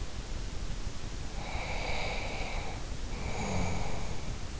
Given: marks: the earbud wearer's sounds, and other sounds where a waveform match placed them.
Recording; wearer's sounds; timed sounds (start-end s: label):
sounds in sleep by an in-ear microphone; breath
1.34-4.37 s: breath